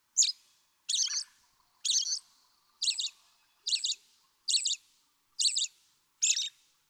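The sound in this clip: American robin song, eight short warbled phrases delivered at an even pace.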